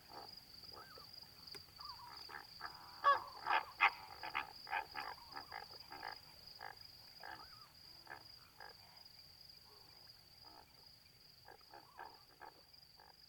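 Flamingos feeding in shallow water give dense, honking, goose-like calls, busiest early on, over a steady high insect whine and low water murmur.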